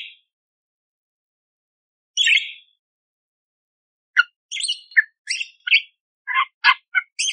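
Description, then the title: Budgerigar chirping: a brief opening note, a lone buzzy note two seconds later, a pause, then a quick run of short, sharp, squeaky chirps. Clear, active budgerigar singing coarse 'tembakan' fills, used as training song for magpie-robins. "Masteran Burung Parkit Gacor Jernih Isian Tembakan Kasar Cocok Buat Kacer"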